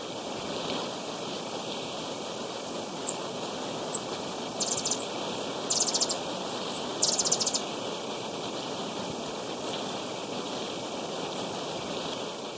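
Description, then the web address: Ecuadorian piedtail giving thin, very high squeaky notes in a rapid series, then scattered single squeaks, with brief hissing bursts and faint background hiss. "S America Birds of Ecuador. Ecuadorian Piedtail"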